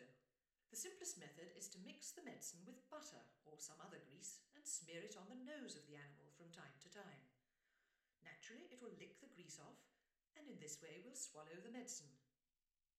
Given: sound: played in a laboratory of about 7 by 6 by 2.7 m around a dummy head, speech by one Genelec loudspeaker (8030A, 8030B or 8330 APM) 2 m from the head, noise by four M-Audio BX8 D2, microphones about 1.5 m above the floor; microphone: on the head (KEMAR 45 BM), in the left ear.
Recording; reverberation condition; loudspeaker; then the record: female speech in English; medium; 90 degrees to the left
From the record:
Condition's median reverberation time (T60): about 510 ms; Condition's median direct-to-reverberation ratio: about -0.5 dB